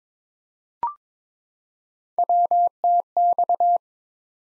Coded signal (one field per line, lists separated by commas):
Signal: Morse code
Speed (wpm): 22 wpm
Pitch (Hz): 700 Hz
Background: none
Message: WTX